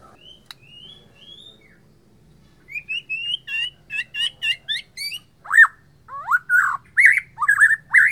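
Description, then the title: White-rumped shama song: a few soft high whistles, then a string of clear rising notes and loud, rich downslurred phrases at the end. Borneo. "MURAI BORNEO MAS KIKI"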